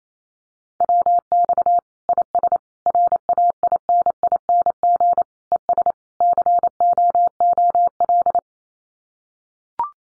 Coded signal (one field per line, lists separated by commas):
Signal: Morse code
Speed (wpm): 28 wpm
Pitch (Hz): 700 Hz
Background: none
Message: WX IS RAINING ES COOL